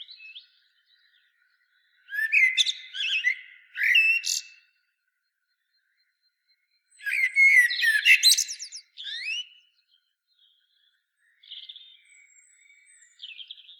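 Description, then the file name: Common blackbird with two bursts of squeaky, chattering warbles a few seconds apart, followed by softer, thin twittering notes near the end. "Turdus merula"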